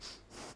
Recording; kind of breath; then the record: one breath in and out by a microphone near the nose and mouth; strong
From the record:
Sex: male